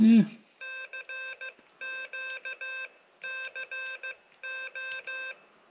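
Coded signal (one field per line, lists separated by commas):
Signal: Morse code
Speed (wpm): 15 wpm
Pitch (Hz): 1550 Hz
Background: speech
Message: CQ CO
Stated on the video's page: Single lever key, 3D-printed from shared design files, wired with CAT5 network cable.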